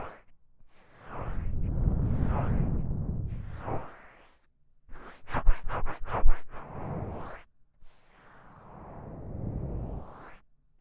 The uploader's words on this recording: ASMR×KU100 | 搓耳朵!!我搓搓搓. Ear Massage | NO Talking.